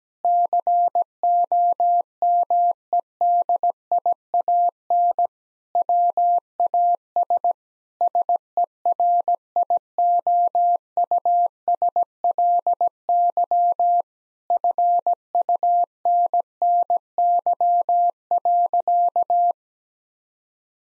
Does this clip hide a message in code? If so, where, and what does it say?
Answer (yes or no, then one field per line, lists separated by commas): yes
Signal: Morse code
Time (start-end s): 0.2-19.5 s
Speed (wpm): 17 wpm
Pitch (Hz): 700 Hz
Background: none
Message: COMEDIAN WAS SERIOUSLY FUNNY.